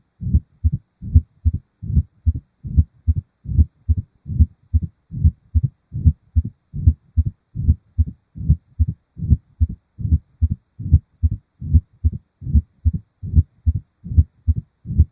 Heart Murmurs: Mitral Stenosis. Mitral stenosis: a clicking sound as the valve opens followed by a decrescendo-crescendo diastolic murmur.